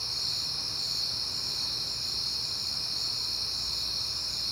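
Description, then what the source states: Crickets producing a constant, high trill, steady from start to finish, with a quiet low drone beneath. Crickets recorded on a peaceful night in September.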